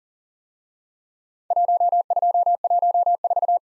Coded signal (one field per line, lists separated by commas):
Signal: Morse code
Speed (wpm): 38 wpm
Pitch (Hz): 700 Hz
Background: none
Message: 1214